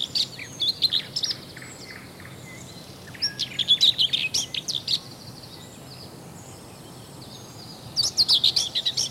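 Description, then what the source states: Common whitethroat song in three scratchy bursts of jumbled high notes, with faint background noise between them. Variant song.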